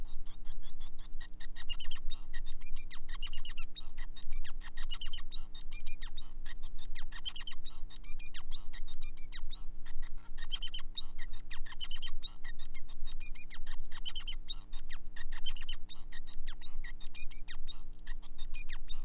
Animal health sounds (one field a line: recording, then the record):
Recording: song of a male Bengalese finch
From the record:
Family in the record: son of father 5